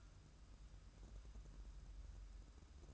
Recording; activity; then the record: daily activity, microphone in the room; take from stove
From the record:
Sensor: 2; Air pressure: 994.3 hPa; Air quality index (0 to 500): 217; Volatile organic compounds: 1000 ppm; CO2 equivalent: 7201 ppm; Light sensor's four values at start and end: 137/327/138/143 and 137/327/139/144